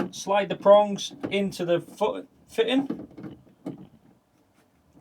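Someone talks while the stand column's prongs for a GIGABYTE GS32QCA monitor are slid into the base foot fitting, lining them up before the latch is pushed up. The voice fills most of the clip and fades to near silence after about 4 seconds. Nothing has clicked yet.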